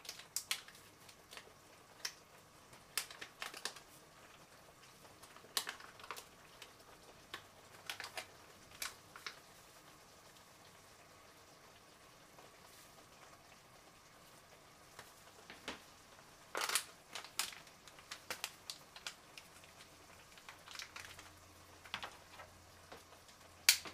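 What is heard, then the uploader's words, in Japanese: Making tomato sauce pasta: sharp taps, clicks and clatter of utensils come irregularly throughout, some in quick clusters. A louder clatter lands around 16 seconds, and a low steady hum comes and goes underneath. 環境音 トマトソースパスタの一部始終。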